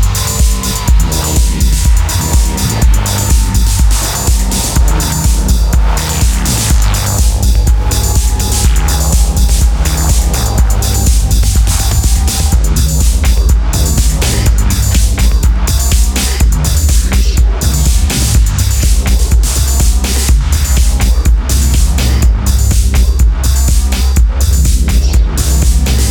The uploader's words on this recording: Record in a garden.